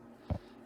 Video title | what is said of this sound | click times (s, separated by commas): 2017 Buick Encore How to Cabin Filter Replacement. Quick and Easy no tools. | we go we have the dampener snapped back in | 0.3 s